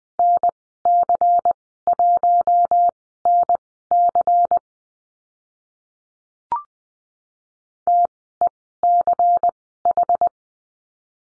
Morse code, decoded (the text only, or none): NC1NC TECH